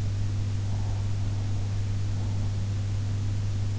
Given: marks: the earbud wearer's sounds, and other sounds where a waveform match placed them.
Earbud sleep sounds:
sounds in sleep by an in-ear microphone; breath
0.61-3.06 s: breath

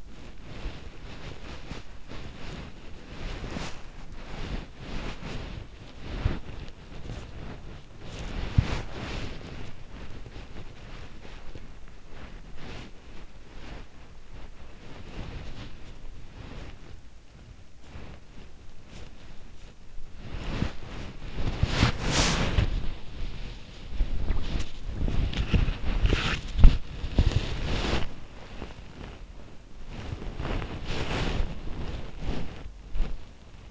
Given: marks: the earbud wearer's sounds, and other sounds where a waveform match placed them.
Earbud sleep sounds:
sounds in sleep by an in-ear microphone; body movement
0.00-33.71 s: body movement

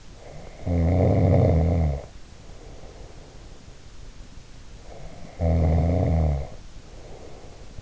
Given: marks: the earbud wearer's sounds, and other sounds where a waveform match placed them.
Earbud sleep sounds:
sounds in sleep by an in-ear microphone; snoring breath
0.22-3.77 s: snoring breath
4.79-7.82 s: snoring breath

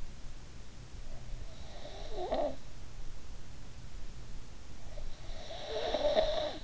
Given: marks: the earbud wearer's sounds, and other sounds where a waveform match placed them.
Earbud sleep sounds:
sounds in sleep by an in-ear microphone; breath
1.06-2.60 s: breath
4.78-6.64 s: breath

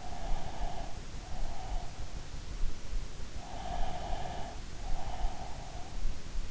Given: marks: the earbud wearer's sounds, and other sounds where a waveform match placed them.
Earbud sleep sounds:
sounds in sleep by an in-ear microphone; breath
0.00-2.19 s: breath
3.52-6.17 s: breath

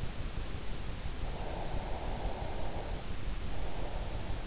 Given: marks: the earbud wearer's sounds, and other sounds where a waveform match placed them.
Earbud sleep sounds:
sounds in sleep by an in-ear microphone; breath
1.47-4.10 s: breath

